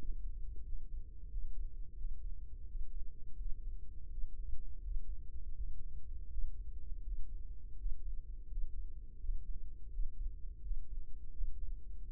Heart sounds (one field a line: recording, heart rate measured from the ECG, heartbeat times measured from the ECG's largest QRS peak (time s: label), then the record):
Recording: heart sounds by microphone in the right ear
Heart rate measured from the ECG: 84 bpm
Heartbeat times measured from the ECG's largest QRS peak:
0.62 s: heartbeat
1.27 s: heartbeat
1.94 s: heartbeat
2.65 s: heartbeat
3.35 s: heartbeat
4.08 s: heartbeat
4.80 s: heartbeat
5.53 s: heartbeat
6.28 s: heartbeat
7.02 s: heartbeat
7.76 s: heartbeat
8.47 s: heartbeat
9.18 s: heartbeat
9.89 s: heartbeat
10.60 s: heartbeat
11.32 s: heartbeat
12.04 s: heartbeat
From the record:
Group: healthy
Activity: breath hold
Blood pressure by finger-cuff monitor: 148/109 mmHg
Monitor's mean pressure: 117 mmHg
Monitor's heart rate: 86 bpm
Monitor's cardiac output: 5.1 L/min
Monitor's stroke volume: 57 mL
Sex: male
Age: 35 years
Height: 178 cm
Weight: 64 kg